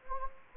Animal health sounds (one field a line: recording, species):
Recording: mosquito wingbeat signal from an infrared sensor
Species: Anopheles gambiae